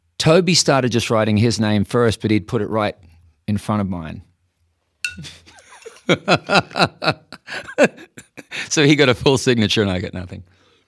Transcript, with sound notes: Toby just started writing his name first, but he put it right in front of mine. (laughs) So, he got a full signature, and I got nothing.